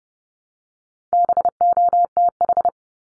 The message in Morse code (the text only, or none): BOTH